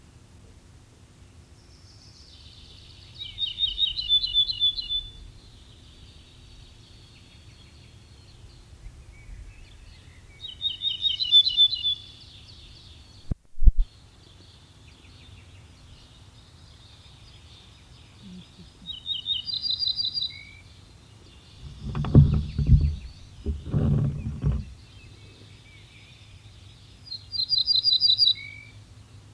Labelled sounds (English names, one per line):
Ortolan Bunting song